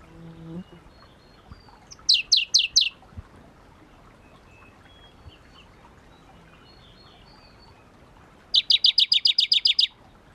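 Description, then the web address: Shrub frog calls in two bursts, a short series of bright, high clicking pulses around two seconds in, then a longer rapid train of about ten pulses near the end, over faint background hiss. Recorded at Kuda on 28 June 2012. "June 28 2012 Phfuscatus Kuda"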